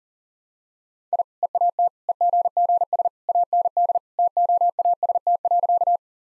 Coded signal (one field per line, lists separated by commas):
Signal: Morse code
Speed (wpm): 40 wpm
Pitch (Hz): 700 Hz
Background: none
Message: I EAT EGGS AND TOAST.